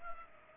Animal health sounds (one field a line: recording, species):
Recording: mosquito wingbeat signal from an infrared sensor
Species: Culex pipiens